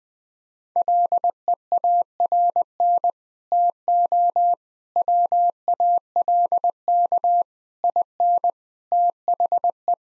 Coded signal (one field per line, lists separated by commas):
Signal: Morse code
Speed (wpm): 20 wpm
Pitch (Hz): 700 Hz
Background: none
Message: LEARN TO WALK IN THE